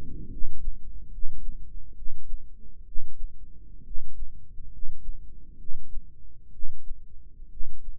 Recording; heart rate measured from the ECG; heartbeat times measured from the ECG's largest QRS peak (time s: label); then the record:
heart sounds by microphone in the right ear; 67 bpm
0.29 s: heartbeat
1.10 s: heartbeat
1.94 s: heartbeat
2.84 s: heartbeat
3.83 s: heartbeat
4.69 s: heartbeat
5.57 s: heartbeat
6.51 s: heartbeat
7.48 s: heartbeat
From the record:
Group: healthy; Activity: rest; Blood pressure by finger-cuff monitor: 119/69 mmHg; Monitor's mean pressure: 87 mmHg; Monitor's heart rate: 70 bpm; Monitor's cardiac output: 7.1 L/min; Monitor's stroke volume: 101 mL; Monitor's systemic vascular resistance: 870 dyn s/cm5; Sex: male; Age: 35 years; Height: 180 cm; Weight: 86.9 kg